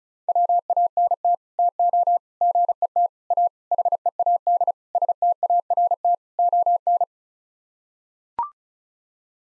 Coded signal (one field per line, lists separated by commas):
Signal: Morse code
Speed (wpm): 34 wpm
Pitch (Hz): 700 Hz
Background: none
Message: WANT TO GET A HEAD START ON